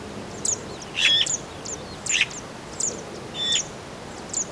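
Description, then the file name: Eurasian magpie giving short harsh calls about once a second, with thin high chirps from other small birds throughout. "Pica pica"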